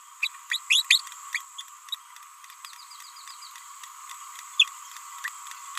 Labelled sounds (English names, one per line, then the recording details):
Green-rumped Parrotlet babbling
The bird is a male
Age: 30 days
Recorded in a nest box in Venezuela
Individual 17B31A1